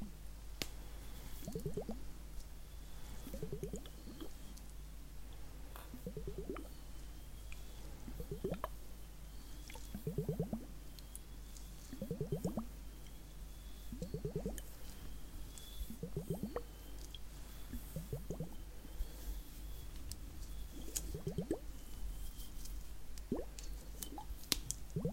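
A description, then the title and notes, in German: Soft, wet squishing strokes of a face massage repeat about every two seconds, low, over a faint steady hum with occasional tiny clicks. Face massage (skincare, personal attention).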